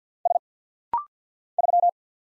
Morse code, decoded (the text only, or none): S 3